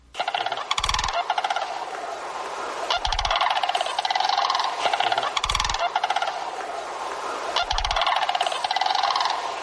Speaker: Sandhill cranes, which can often be seen in fields and wetlands or flying overhead, make bugling noises.